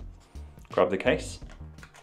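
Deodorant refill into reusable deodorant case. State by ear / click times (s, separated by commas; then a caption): not seated / none. A plastic deodorant refill with a ridge is handled and brought up to its reusable deodorant case, while someone talks over soft handling noises and a couple of brief, quiet taps near the end. The refill is being readied to click into the case, but nothing has seated or clicked yet.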